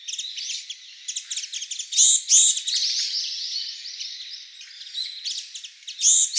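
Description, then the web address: Japanese tit calls: rapid, thin, high notes, with a few louder, sharp notes. "birdenaga sijukara"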